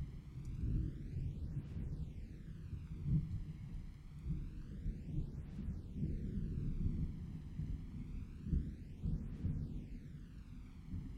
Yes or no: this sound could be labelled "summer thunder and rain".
yes